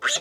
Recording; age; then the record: pig call; piglet (1 to 25 days)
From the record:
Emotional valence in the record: negative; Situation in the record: fighting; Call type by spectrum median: high-frequency call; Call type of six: high-frequency stable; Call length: 0.21 s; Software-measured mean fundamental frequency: 99 Hz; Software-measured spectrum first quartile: 1593 Hz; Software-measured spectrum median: 3086 Hz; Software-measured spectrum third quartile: 4911 Hz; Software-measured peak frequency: 1577 Hz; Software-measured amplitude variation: 183 dB a second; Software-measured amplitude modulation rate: 7.3 a second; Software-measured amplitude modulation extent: 25.3 dB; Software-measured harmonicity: 4.5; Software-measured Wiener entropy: -2.18